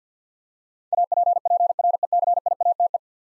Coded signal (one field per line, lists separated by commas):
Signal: Morse code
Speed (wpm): 46 wpm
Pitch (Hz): 700 Hz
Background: none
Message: APPRECIATE